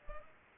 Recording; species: mosquito wingbeat signal from an infrared sensor; Culex pipiens